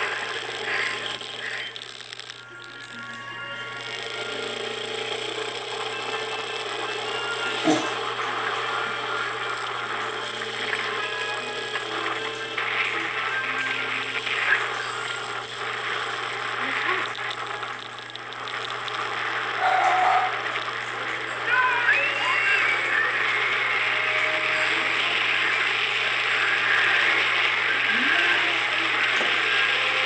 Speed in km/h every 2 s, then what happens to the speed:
20, 11, 14, 23, 29, 32, 36, 38, 39, 34, 33, 36, 38, 40, 42.
0-3 slows to 11. 3-13 speeds up to 38. 16-20 slows to 33. 20-30 speeds up to 42.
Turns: none.